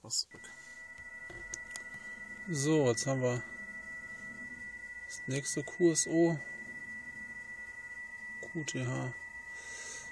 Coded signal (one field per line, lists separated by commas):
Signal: PSK31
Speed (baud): 31.25 baud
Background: speech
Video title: Versuche QRP Verbindungen im 15 m Band in PSK31 aus dem Bully T4 mit 4 Watt [ [DL4DP und DO7DP]